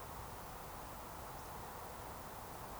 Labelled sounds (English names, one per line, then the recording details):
Eurasian Woodcock whistle
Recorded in Baden-Württemberg, Germany, on 14 June 2020 at 20:15 UTC
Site 43791, 788 m above sea level